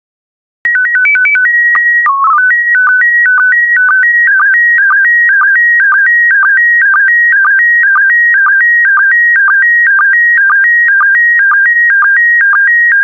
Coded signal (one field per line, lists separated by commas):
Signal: SSTV (slow-scan television)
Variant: PD 120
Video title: 41047 North American Wildlife SSTV PD120